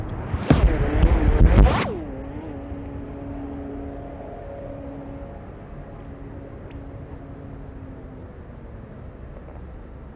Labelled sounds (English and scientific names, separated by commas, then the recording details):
Common Frog (Rana temporaria) call
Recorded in the wild
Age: adult
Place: Malchower Aue, Berlin, DE
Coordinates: 52.5808, 13.4886
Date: 1990-04-02 20:59
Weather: Wassertemperatur: 12,5°C
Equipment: Riporter 6 RG-K, Halbspur, Sennheiser MKH 416 T
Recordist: Frommolt, Karl-Heinz